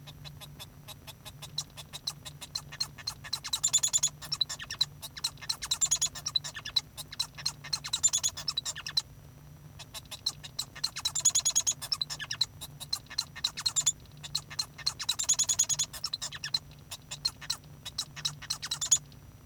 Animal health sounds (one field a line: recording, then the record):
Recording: song of a male Bengalese finch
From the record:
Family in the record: son of father 1